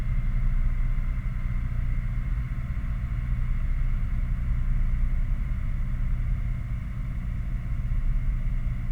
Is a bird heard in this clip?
no